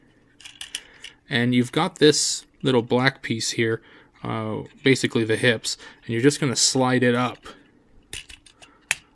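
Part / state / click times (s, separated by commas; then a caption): plastic hip piece sliding into the leg assembly of a transforming action figure / seated / 8.9 s. Someone talks while sliding the small black plastic hip piece of a Transformers Whirl (Generations Voyager) transforming robot action figure upward into its leg assembly, with faint handling clicks early on. At 8.9 s a sharp, loud snap is heard as the hip piece seats in place, locking the legs.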